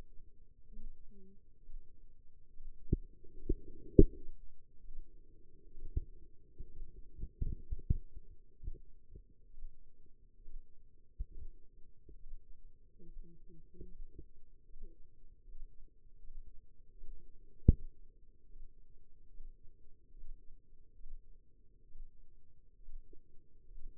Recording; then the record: forearm muscle sounds (acoustic myography)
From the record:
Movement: rest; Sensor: system 2, bracelet of six BSWA MPA416 microphones around the upper forearm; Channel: 3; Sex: female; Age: 25 years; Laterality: right